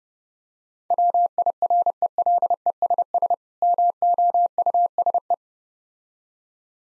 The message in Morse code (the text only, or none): WIRELESS MOUSE